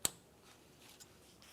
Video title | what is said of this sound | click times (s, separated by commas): How to Replace AC Condenser and Receiver Drier Assembly 2007-2013 Mitsubishi Outlander | now we'll just reconnect our electrical connector line it up push it in place to hear a click | 0.0 s